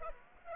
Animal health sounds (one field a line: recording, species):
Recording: mosquito wingbeat signal from an infrared sensor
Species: Aedes aegypti